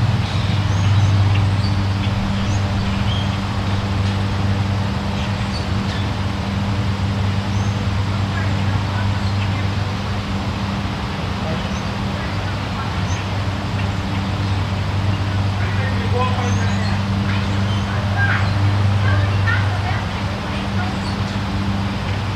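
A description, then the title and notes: A steady low motor hum, like a distant lawnmower, drones throughout with a constant pitch and a slight swell near the start and again around eighteen seconds. Scattered short bird chirps dot the upper range, over a soft continuous hiss of breeze. Summer Morning Ambiance. This episode of Hush features soothing soundscapes of suburban life - birds chirping in the background, the hum of a distant lawnmower, and the gentle breeze rustling through the leaves.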